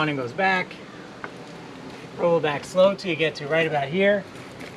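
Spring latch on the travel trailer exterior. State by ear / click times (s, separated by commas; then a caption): not seated / none. A spring-loaded latch on the exterior of a 2020 Airstream Globetrotter FBQ travel trailer is rolled back slowly into position, ready to be released so it snaps back in and is secured before travel. Someone talks throughout, with a brief faint tick near 1.2 s. Nothing has seated or clicked yet.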